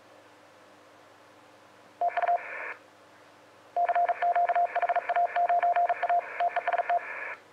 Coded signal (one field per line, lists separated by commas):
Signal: Morse code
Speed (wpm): 38 wpm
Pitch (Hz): 700 Hz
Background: radio noise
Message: TU CQ HA9A TEST